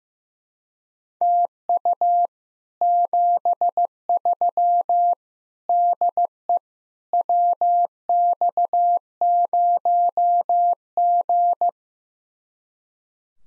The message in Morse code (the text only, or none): TU 73 DE WX0G